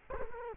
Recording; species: mosquito wingbeat signal from an infrared sensor; Culex quinquefasciatus